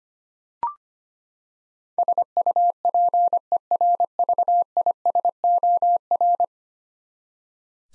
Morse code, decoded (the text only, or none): SUPERVISOR